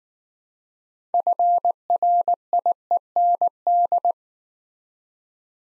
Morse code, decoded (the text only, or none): FRIEND